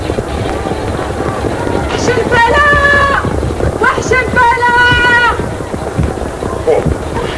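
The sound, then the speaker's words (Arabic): A horse gallops through a steady rush of wind-like noise, its hoofbeats blurred together, and two high, wavering whinnies ring out in the middle. “غادي نعمل لي تام ونركب على حصان ونخرج.”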